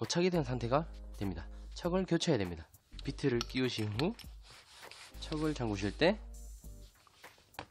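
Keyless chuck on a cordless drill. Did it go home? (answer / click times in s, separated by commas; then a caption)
no / none. Someone talks over background music while handling the keyless chuck on a cordless drill after inserting a bit, getting ready to turn the chuck to lock it. A few faint sudden sounds come near the end, around 4.9 s and 7.1–7.6 s. The chuck has not clicked or locked yet.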